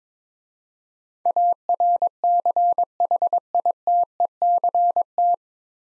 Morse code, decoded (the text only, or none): ARCHITECT